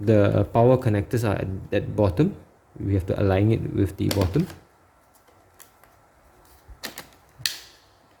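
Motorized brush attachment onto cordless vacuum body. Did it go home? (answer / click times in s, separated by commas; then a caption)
yes / 7.5 s. Someone talks while lining up the power connectors at the bottom of the motorized dust mite brush attachment with the plastic body of a PerySmith Bossman Kaden PRO K3 cordless vacuum cleaner. A few faint handling taps follow around 5.6, 5.8 and 7.0 seconds. The brush head is pushed on and latches with a single sharp click at 7.5 seconds, seating it onto the handle.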